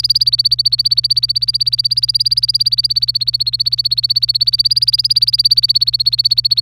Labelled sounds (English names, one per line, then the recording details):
Domestic Canary song
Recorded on 26 April 2018 at 08:15
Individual llb3